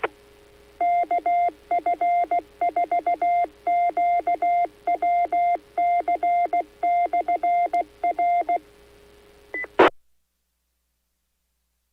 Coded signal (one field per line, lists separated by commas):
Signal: Morse code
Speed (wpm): 16 wpm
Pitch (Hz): 700 Hz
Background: none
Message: KF4QWC/R E